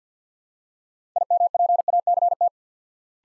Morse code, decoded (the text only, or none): IMPACT